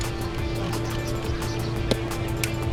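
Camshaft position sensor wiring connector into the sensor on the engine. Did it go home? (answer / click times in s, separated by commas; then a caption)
yes / 1.9 s, 2.4 s. On a Nissan Frontier 4.0, after the camshaft position sensor (replaced for code P0345) is pushed into the engine by hand and snugged with a ratchet, its plastic electrical connector is plugged into it. Two short, sharp clicks are heard at 1.9 s and 2.4 s over steady background music. The connector is latched and seated.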